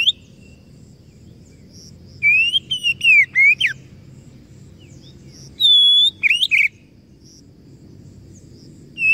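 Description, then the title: Oriental magpie-robin song: two short phrases of bright, wavering whistles with a sustained high note in the second, separated by long gaps of low hum, with brief notes at the start and end. Masteran (training recording) meant to provoke kacer into gacor (full, active singing); described as successful, the bird going on to become a contest champion. "Masteran Kacer Yang Sukses Memancing Kacer Gacor Sampai Jadi Juara"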